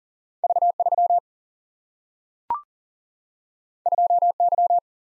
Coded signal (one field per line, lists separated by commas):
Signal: Morse code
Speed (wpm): 40 wpm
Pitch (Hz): 700 Hz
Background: none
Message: V 3 2 Y